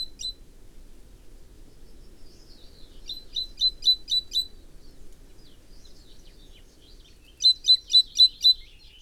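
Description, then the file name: Great tit producing repeated bursts of sharp, evenly spaced high notes, about four per second, with faint twittering in between. "Parus major"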